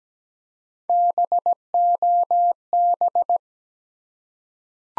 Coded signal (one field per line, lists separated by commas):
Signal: Morse code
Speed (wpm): 17 wpm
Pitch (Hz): 700 Hz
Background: none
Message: BOB